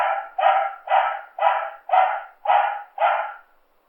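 Dog barking steadily, seven loud, harsh barks spaced about half a second apart, each with a quick fading tail.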